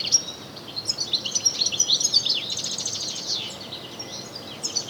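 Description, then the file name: European goldfinch twittering calls, a steady stream of high tinkling, buzzy notes with quick liquid trills. "Carduelis carduelis"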